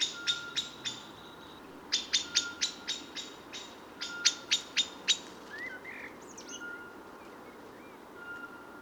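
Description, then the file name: Common blackbird uttering hard chinking calls in quick clusters for about five seconds, followed by a brief softer sound, then quieter. "Turdus merula"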